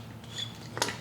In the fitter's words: oh it popped right in look at it just popped right in that time